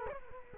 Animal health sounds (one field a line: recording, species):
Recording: mosquito wingbeat signal from an infrared sensor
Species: Culex quinquefasciatus